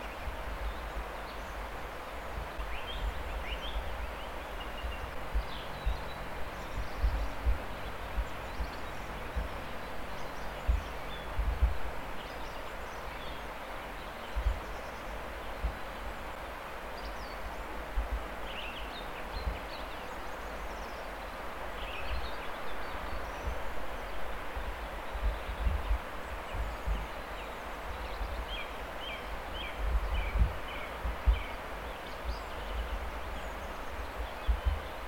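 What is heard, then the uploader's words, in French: A springtime outdoor scene around Vinça: a steady rustling hiss fills the air while bird chirps and short trills come and go throughout. Promenade autour de Vinca, airs de printemps. Le printemps bruisse de multiples façons autour de Vinça. Et au loin, souvent , le bruit de la route nationale.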